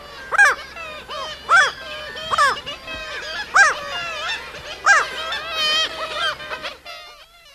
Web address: black-legged kittiwake